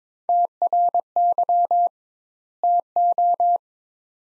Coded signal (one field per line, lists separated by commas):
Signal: Morse code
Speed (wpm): 22 wpm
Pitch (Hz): 700 Hz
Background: none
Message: TRY TO